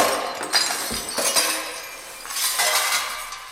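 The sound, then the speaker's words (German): Glass bottles on a dressing table shatter in a burst of bright, high crashes and tinkling fragments, with several sharp impacts early on and a second wave of clattering shards later, no voices present. “10.40 Uhr, die Glasflaschen auf Nicolinens Toilettentisch.”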